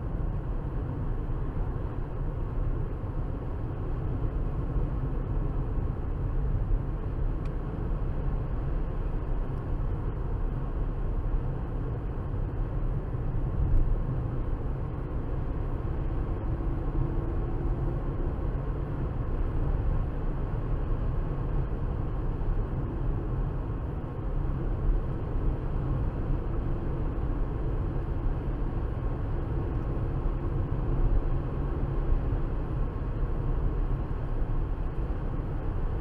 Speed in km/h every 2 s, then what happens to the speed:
74, 76, 76, 77, 77, 77, 76, 79, 82, 85, 85, 82, 82, 82, 82, 84, 84, 82.
0-12 steady at about 76. 12-17 speeds up to 85. 17-36 steady at about 82.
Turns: none.